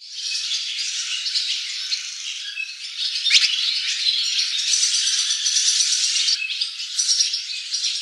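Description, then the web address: Barn swallow twittering, a dense unbroken stream of high chattering notes with a rattling quality throughout. "cianscape birddata Deverinetal 2025"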